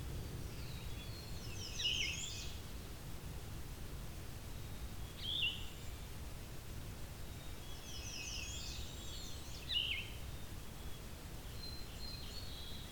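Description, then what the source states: Yellow-throated Vireo singing three brief burry phrases spaced several seconds apart, mixed with higher buzzy sounds and constant low rumbling noise. Not a frequent singer; its song is likened to a Red-eyed Vireo with a sore throat. At a spot between a quarry and a field.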